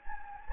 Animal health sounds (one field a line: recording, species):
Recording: mosquito wingbeat signal from an infrared sensor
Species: Anopheles gambiae